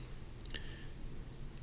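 A metal crown on a Vostok Amphibia 710 watch is pushed back into the case after setting the time. It seats with a small, sharp click at 0.6 s, preceded by a faint tick and followed by another light tick near 1.6 s over a low background hum. The crown is seated.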